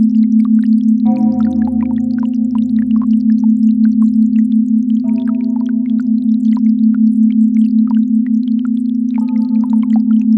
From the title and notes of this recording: Binaural Beats for greater focus, attention, and alertness. 0.1 to 0.45 Hz Binaural Beat at 4 minutes intervals.